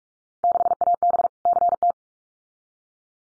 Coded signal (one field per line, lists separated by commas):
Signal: Morse code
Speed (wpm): 44 wpm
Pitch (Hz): 700 Hz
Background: none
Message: 6AB CT